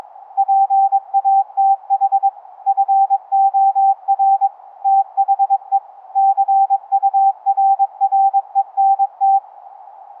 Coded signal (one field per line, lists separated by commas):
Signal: Morse code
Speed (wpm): 22 wpm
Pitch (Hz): 790 Hz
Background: none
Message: PATH FOR THE CURRENT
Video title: infrasonic, 11hz, ELF EMF Through The Earth Cave Radio CW Morse Code Transmitter/Receiver LIVE DEMO